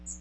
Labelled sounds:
Magnolia Warbler (Setophaga magnolia) flight call

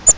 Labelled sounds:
Grace's Warbler (Setophaga graciae) flight call

